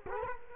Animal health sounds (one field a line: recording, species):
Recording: mosquito wingbeat signal from an infrared sensor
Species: Culex quinquefasciatus